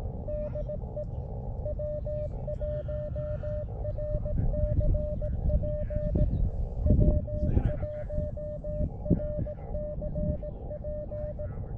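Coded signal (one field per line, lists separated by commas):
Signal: Morse code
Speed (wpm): 18 wpm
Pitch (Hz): 600 Hz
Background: speech, radio noise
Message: DE W1RCP W1RCP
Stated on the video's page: CW calls during a combined SOTA/POTA activation on a summit, Elecraft KX2 with Elecraft key, MFJ-1898 telescoping antenna, 12 watts.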